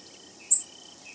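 Grasshopper sparrow call: one very high, thin, brief note in the middle of an otherwise quiet stretch with faint background hiss.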